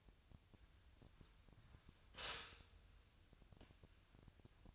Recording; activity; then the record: daily activity, microphone in the room; stop toaster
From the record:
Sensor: 2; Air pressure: 1001.8 hPa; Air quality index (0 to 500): 246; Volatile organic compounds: 37 ppm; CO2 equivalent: 3099 ppm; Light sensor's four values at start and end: 9/30/12/11 and 9/30/12/11